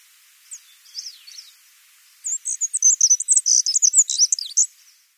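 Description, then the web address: Black-throated accentor singing: a few soft high notes, then a quick jingling, twittering phrase lasting over two seconds. "Schulze Peter Black-throated Accentor song"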